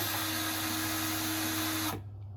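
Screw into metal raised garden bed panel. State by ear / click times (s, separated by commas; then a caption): not seated / none. A power drill drives a screw into a metal panel of a Veikous raised garden bed, making a steady, broadband motor whir with a constant low tone that cuts off abruptly at about 1.9 s, leaving a quiet tail. No click is heard, and the screw has not seated; it is then backed out because it does not feel seated right.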